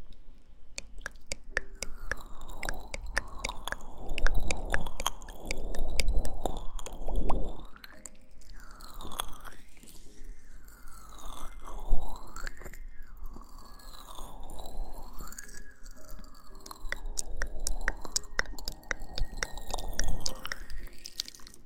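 Wet kissing and mouth sounds in the ear, with soft smacks and clicks running almost constantly. Sweeping, rubbing swishes rise and fall every second or two, like something moving against the ear. Sharper crunchy snaps pop up now and then, especially around six and twenty seconds.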